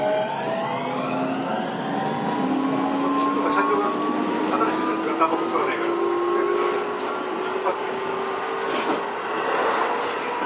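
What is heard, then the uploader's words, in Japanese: A Keio 9000 series train runs along at a steady loudness, its motor whine climbing slowly in pitch in several stacked tones as it gathers speed. Beneath it sits a constant rushing rumble, broken now and then by brief clicks and knocks. 京王9000系 高尾山口〜つつじヶ丘。快速つつじヶ丘行を録音。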